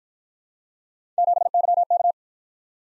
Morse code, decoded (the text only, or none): 7YK